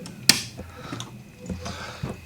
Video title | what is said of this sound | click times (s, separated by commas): DIY * Ryco Fuel Filter, Catch Can and Bracket Installation | hose goes on to the front port do you hear a click so | 0.3 s